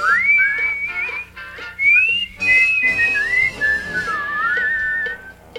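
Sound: person whistling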